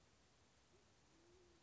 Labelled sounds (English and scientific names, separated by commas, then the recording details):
Band-tailed Pigeon (Patagioenas fasciata)
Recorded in Sonoma County, California